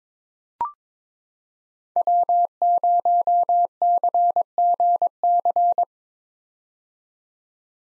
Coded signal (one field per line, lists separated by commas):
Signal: Morse code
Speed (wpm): 21 wpm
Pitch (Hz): 700 Hz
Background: none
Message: W0CGC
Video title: 2023 POTA Hunter Call Signs - 22wpm